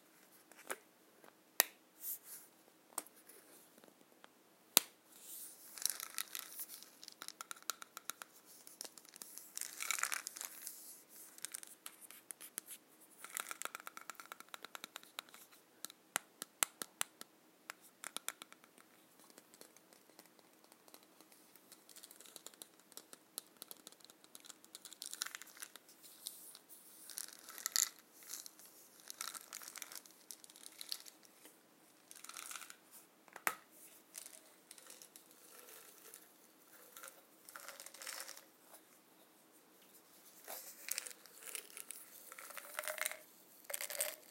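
Pills being handled, with irregular bright crinkling of packaging, sharp clicks and occasional pops.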